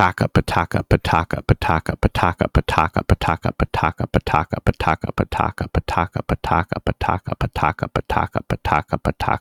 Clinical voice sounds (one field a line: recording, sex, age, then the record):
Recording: repeated syllables /pa ta ka/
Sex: male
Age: 30 to 39 years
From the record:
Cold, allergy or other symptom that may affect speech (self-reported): no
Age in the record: 36 years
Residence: Illinois, United States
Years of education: 16